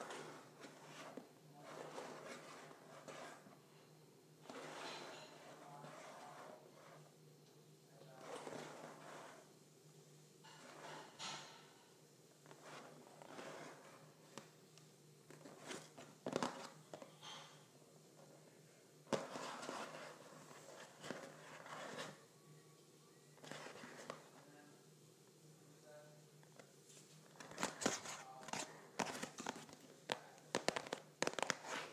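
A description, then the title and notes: Someone scratches and taps a cardboard box in an uneven run of rasping strokes and dull knocks. Scratches come in short bursts every second or two, with sharper taps near 16 and 19 seconds and a quicker cluster of hits in the last few seconds. A low steady hum runs underneath. ASMR Scratching and Tapping a Cardboard Box.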